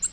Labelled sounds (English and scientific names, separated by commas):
Nashville Warbler (Leiothlypis ruficapilla) flight call